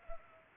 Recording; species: mosquito wingbeat signal from an infrared sensor; Culex pipiens